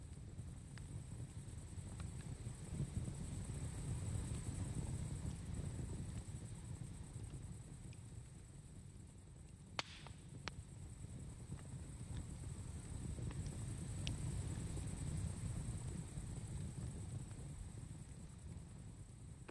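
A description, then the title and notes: Campfire ambience with a steady low rumble, sparse faint crackles, one sharp pop near ten seconds, and a thin high whine throughout. CAMPFIRE AMBIENCE | Cozy Crackling Fire Sounds.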